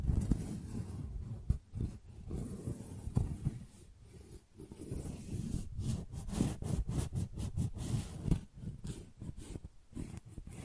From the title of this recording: Tingly Flower Sounds